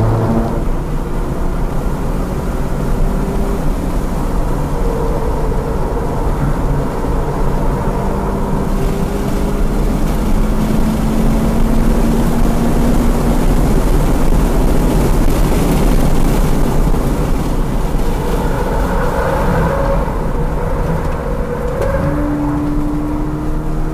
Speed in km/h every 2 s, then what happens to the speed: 111, 116, 109, 114, 127, 138, 147, 145, 114, 98, 87, 85.
0-5 steady at about 111. 5-13 speeds up to 147. 13-24 brakes to 85.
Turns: 3-7, 14-21.